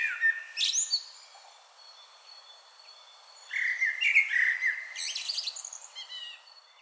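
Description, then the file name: Common blackbird song: a short fluting phrase, then a longer mellow warble that trails into high, scratchy twittering notes. "Turdus merula"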